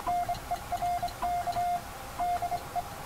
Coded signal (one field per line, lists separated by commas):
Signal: Morse code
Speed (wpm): 25 wpm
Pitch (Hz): 710 Hz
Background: none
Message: NERK DE